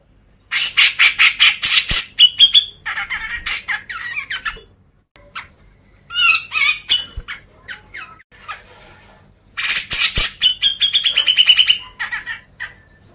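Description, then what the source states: Grey-cheeked bulbul song: three bursts of harsh, chattering notes, each ending in a quick run of repeated buzzy notes, with short quieter gaps between. Masteran recording used to train cage birds.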